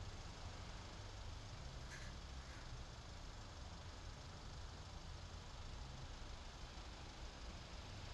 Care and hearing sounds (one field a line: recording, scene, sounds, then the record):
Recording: everyday scene through a hearing-aid microphone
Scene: in traffic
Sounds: traffic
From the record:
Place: main city hub, rush hour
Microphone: in the ear canal, left